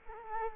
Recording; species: mosquito wingbeat signal from an infrared sensor; Culex quinquefasciatus